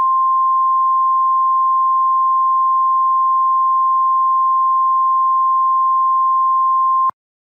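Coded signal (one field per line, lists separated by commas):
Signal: Emergency Alert System (SAME) tones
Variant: 1050 Hz attention tone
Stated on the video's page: Fictional EAS scenario, not meant to be realistic.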